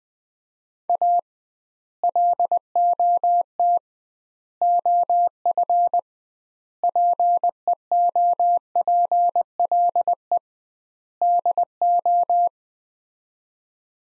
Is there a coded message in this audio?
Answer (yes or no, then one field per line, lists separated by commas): yes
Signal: Morse code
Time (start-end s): 0.9-12.5 s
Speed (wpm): 20 wpm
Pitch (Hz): 700 Hz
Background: none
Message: A LOT OF PEOPLE DO